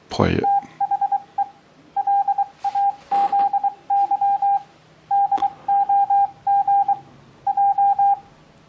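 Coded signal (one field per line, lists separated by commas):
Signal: Morse code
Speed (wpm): 23 wpm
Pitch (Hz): 800 Hz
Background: speech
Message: THE LAZY DOG J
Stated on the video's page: Morse receiving practice for beginners, with practice apps and a homemade Morse oscillator.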